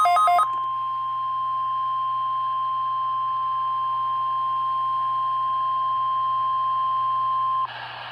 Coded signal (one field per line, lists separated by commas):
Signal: Emergency Alert System (SAME) tones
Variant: 1050 Hz attention tone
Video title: (EAS #2) Required Weekly Test 12/25/24 (Christmas Special!)